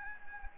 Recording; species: mosquito wingbeat signal from an infrared sensor; Anopheles gambiae